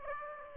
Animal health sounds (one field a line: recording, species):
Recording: mosquito wingbeat signal from an infrared sensor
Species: Aedes aegypti